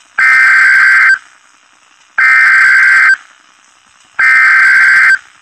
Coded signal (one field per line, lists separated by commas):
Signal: Emergency Alert System (SAME) tones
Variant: header bursts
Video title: EASs 151 and 152 - SVR Lincoln TN, TOR Madison AL